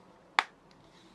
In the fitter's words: Oh, there we go, it's clicked back in place now.